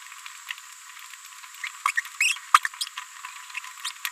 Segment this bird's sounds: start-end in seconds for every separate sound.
1.87-1.91, 1.97-2.01, 2.20-2.35, 2.54-2.59, 2.65-2.67, 3.85-3.90